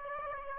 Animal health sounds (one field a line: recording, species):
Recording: mosquito wingbeat signal from an infrared sensor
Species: Aedes aegypti